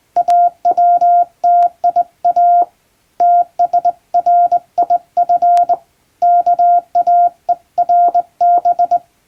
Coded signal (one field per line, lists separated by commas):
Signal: Morse code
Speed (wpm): 22 wpm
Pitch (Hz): 700 Hz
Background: none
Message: AWTIA TSRIF KAERB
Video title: Morse Code! Straight key! English Morse test in Japan. This is Practice video for Radio Operator.